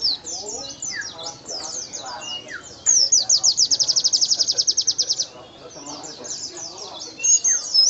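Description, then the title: White-eye singing high, jumbled chirps, broken midway by a loud, rapid trill of sharp repeated notes lasting over two seconds, then more twittering. Training recording (masteran) for teaching song to captive songbirds; bird described as singing energetically (gacor), with a fill-in (isian) song style and rapid shooting (nembak) delivery. "Master Burung Pleci Isian Nobita Raja Nembak Gacor Joss"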